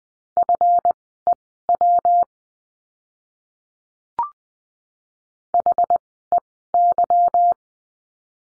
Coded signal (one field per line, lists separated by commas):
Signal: Morse code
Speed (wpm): 20 wpm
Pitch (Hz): 700 Hz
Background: none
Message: FEW HEY